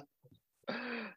In pain right now, coughing and spluttering away.